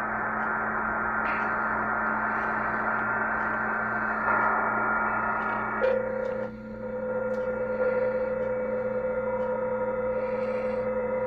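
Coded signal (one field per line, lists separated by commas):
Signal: PSK31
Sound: hiss with several faint steady warbling tones; a new low tone joins midway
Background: radio static, mains hum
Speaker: contest stations are all contacting each other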